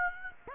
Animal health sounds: mosquito wingbeat signal from an infrared sensor; Aedes aegypti

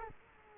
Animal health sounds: mosquito wingbeat signal from an infrared sensor; Culex quinquefasciatus

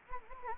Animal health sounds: mosquito wingbeat signal from an infrared sensor; Anopheles gambiae

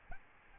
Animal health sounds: mosquito wingbeat signal from an infrared sensor; Aedes albopictus

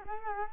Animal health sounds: mosquito wingbeat signal from an infrared sensor; Culex quinquefasciatus

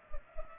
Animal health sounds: mosquito wingbeat signal from an infrared sensor; Culex pipiens

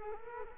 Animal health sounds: mosquito wingbeat signal from an infrared sensor; Culex quinquefasciatus

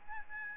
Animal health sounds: mosquito wingbeat signal from an infrared sensor; Aedes albopictus

